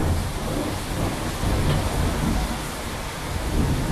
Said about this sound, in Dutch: 6 miljoen jaar regen. Hevige buien die niet van hun plaats kwamen.